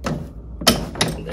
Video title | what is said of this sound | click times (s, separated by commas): Install Mercruiser lower unit drive shaft and pinion gear | there it goes as you heard that click I'm going to immediately remove the torque wrench | 0.7 s, 1.0 s